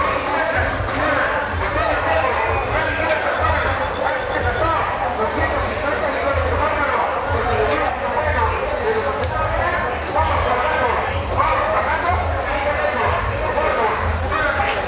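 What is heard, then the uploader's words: A crowd at a night fair in rural Chiapas, with many voices talking over one another in a dense, steady hubbub. A low, pulsing thump runs underneath throughout, likely music, while the loudness stays even for the whole stretch with no standout events. A typical night in rural Chiapas when the fair comes to town. The sounds of the fair; barkers hawking their wares, music, general hubbub.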